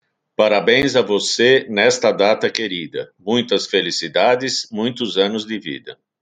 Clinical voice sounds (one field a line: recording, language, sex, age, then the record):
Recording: short text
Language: Brazilian Portuguese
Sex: female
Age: 50 to 59 years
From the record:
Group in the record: control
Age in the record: 52 years